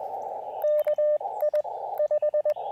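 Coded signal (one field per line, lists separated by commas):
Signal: Morse code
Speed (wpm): 20 wpm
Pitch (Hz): 590 Hz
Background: none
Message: KI 5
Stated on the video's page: Park activation in CW, sent with KXPD2 paddles on an Elecraft KX2 with AX1 antenna, in wet weather and poor propagation.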